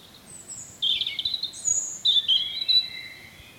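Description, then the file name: European robin, thin high whistled notes and short trills, two bursts around one and two seconds in, over quiet low background hiss. "Erithacus rubecula"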